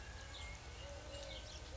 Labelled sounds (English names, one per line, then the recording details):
Eurasian Collared Dove
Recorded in Sonoma County, California